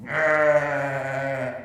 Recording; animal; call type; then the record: contact call of a hoofed animal; sheep; low-frequency (closed-mouth) or high-frequency (open-mouth) call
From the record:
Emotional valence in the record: negative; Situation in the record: short social isolation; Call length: 1.65 s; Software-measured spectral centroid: 1580 Hz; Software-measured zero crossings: 1850 a second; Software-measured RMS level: -23 dBFS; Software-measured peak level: -9 dBFS